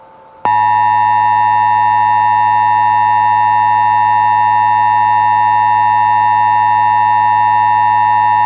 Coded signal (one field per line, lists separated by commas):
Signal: Emergency Alert System (SAME) tones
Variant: 853 and 960 Hz attention tone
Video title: (2nd April Fools Special) 1999 EAS Test Recreation